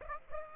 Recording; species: mosquito wingbeat signal from an infrared sensor; Aedes aegypti